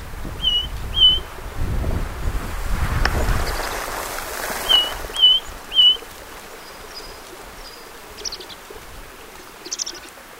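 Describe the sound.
Ring ouzel giving short, clear whistled notes, paired and then a run of three, against strong wind rumble and a few faint high chirps.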